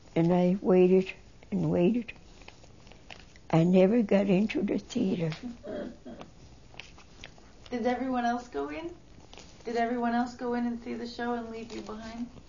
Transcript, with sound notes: and I waited and waited. I never got into the theater. (She laughs.)
Did everyone else go in? Did everyone else go in and see the show and leave you behind?